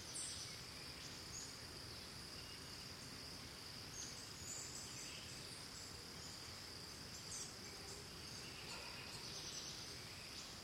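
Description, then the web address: Cricket chirping: a steady, unbroken high-pitched trill running throughout, over a broad hiss of background noise. Recorded in Costa Rica. "Big Room Sound Birds Crickets Costa Rica"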